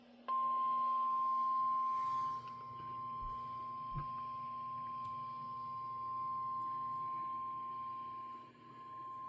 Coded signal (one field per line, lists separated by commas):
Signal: Emergency Alert System (SAME) tones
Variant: 1050 Hz attention tone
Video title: A severe weather night in central Ohio with EAS Alerts